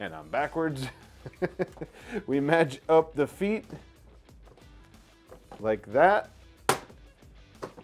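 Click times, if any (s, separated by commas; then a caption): 6.7 s. A person talks while lowering the frame of an Ortur Laser Master 3 desktop laser engraver so its feet drop into printed interlocking riser blocks on the spoil board. A sharp knock at 6.7 s marks the feet seating into the blocks, locking the engraver in place so it won't move off the spoil board.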